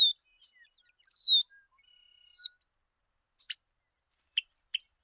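Bird calls: three high, downslurred whistled notes with overtones early on, followed by a few short sharp ticks; no other sounds.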